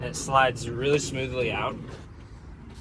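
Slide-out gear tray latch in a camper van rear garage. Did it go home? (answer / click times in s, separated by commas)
no / none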